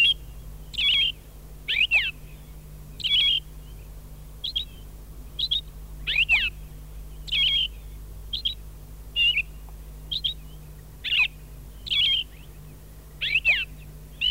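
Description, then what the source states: Austral thrush giving a steady series of brief whistled notes, some slurred downward, some warbled, with a faint constant low hum behind. Recorded in Laguna Blanca National Park.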